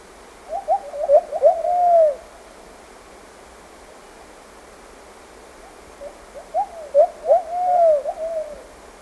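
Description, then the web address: Plumbeous pigeon singing two low, mellow cooing phrases of several notes each, separated by a pause of about four seconds, with quiet background hiss. Ecuador. "Birds of Ecuador. Plumbeous Pigeon"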